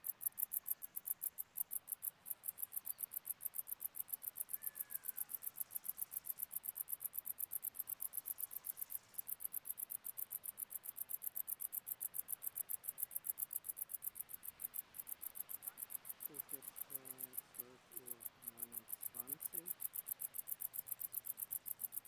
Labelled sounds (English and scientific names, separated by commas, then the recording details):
Wartbiter (Decticus verrucivorus) stridulation
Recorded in the wild
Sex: male
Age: imago
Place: Kloster, Insel Hiddensee, Mecklenburg-Vorpommern, DE
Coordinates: 54.5908, 13.1061
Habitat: dry meadow
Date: 2011-09-04 12:23
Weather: 29°C, sunny, weak winds
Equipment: Fostex FR2-LE, Sennheiser ME66, Popschutz
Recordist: Frommolt, Karl-Heinz